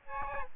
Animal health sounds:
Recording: mosquito wingbeat signal from an infrared sensor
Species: Aedes albopictus

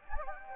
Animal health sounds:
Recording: mosquito wingbeat signal from an infrared sensor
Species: Anopheles gambiae

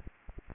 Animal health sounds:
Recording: mosquito wingbeat signal from an infrared sensor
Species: Aedes aegypti

